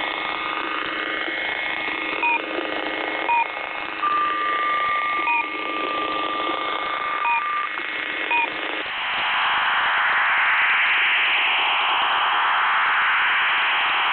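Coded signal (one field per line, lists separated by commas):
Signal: channel marker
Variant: One Beep, Two Beeps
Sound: faint short beeps at two pitches over static, then a steady wide rushing data hiss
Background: radio static, data modem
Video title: [One Beep, Two Beeps] Beeping Stop & Switching to STANAG 4285; 2. August 2020, 15:50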